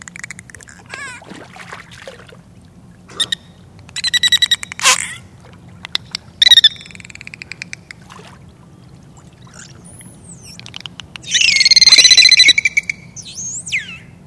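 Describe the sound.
Bottlenose dolphin whistles and clicks: rapid click trains, then high swooping whistles rising and falling, with a loud burst of pulsed squeals near the end.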